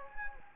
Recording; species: mosquito wingbeat signal from an infrared sensor; Anopheles gambiae